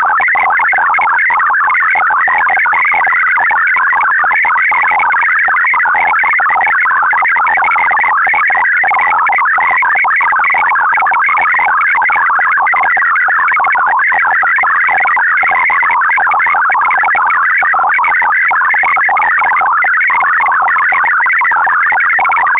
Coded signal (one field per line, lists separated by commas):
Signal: multi-tone FSK (Olivia or MFSK type)